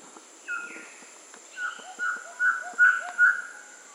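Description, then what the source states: Rusty pitohui giving a series of clear, level whistled notes, the later ones growing louder, with faint upward slurs in the background. Papua New Guinea.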